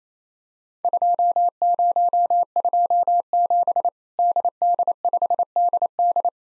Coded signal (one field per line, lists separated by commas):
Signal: Morse code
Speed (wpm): 28 wpm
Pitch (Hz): 700 Hz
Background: none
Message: 2027 DD5DD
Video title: Worked All Europe DX Contest QTC Exchange 28wpm